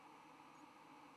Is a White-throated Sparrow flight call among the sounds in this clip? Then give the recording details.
no. Another species' flight call is heard. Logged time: 07:48 on 10 November 2014